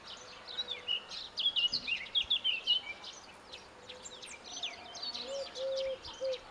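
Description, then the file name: Eurasian blackcap song: a rapid, rich warbling phrase, then scattered quieter notes. "Sylvia atricapilla"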